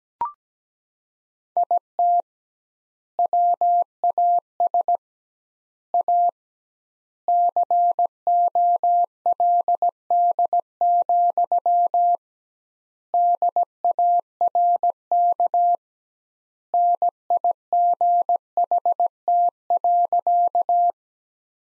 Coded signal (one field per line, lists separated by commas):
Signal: Morse code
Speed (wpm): 17 wpm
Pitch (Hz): 700 Hz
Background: none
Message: IT WAS A COLD, DARK NIGHT.